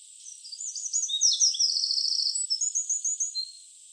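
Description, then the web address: Eurasian wren singing a rapid high-pitched jumble of notes with a fast trill in the middle, lasting about three seconds, with no other clear sounds. "troglodytes troglodytes call"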